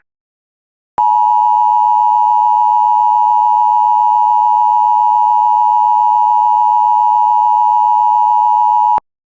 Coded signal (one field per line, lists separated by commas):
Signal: Emergency Alert System (SAME) tones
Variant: 853 and 960 Hz attention tone